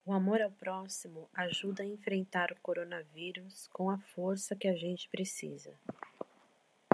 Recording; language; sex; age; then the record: spoken sentence; Brazilian Portuguese; female; 40 to 49 years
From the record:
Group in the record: control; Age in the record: 45 years